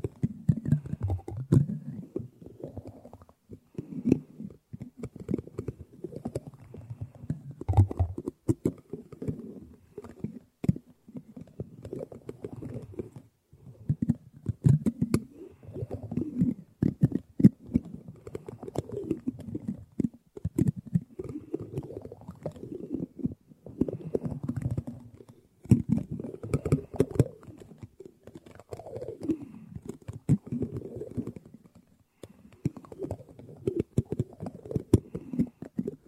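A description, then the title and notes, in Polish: Teaspoons tap and rattle in quick, irregular clicks that continue almost without pause for the whole stretch. Underneath runs a low, murmuring rumble that swells and wavers, with brief quieter gaps around 8, 25 and 32 seconds. Łyżeczki.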